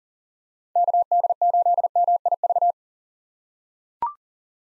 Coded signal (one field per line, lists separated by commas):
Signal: Morse code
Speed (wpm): 37 wpm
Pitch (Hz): 700 Hz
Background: none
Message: KD8MIV